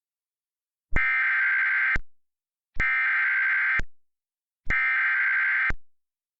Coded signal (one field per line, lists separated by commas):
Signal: Emergency Alert System (SAME) tones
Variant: header bursts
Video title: Its been a bit part 2 - EAS Mock